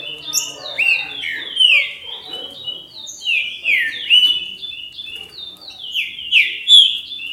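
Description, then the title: Green-winged saltator song of quick, sliding whistled notes in a dense chattering run, with a few sharper high chips. "Trinca Ferro"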